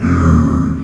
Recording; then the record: squeal of a Yucatan mini pig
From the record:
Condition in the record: after surgery on the right vocal fold (resection and tissue-engineered implant); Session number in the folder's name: 12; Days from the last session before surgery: 105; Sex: female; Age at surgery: 19 weeks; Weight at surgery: 25 kg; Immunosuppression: prednisolone